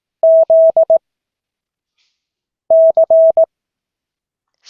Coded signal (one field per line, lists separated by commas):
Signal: Morse code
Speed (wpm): 18 wpm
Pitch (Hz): 650 Hz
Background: none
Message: Z C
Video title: Morse code class 2024-07-28 (4 of 12)